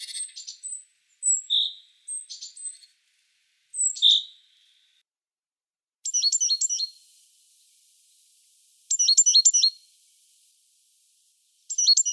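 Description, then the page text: Great tit calls and song phrases: thin high whistles and a few softer lower notes, then quick bursts of sharp repeated high notes. "Большая синица - Синица"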